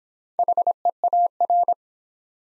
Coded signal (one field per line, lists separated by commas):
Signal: Morse code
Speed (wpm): 26 wpm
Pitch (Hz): 700 Hz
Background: none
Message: HEAR